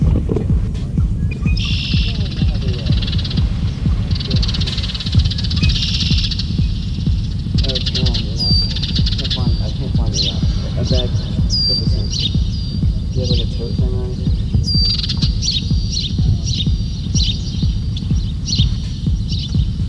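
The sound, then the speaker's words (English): A male red-winged blackbird in a marsh sings a buzzy trill from a conspicuous perch, alternating with sharp, harsh chip call notes and quick chirps, all heard over a loud, steady low throbbing hum that pulses throughout. “the song of the male red-winged blackbird is an instantly recognizable ocalee, sung from a conspicuous post in the marsh.”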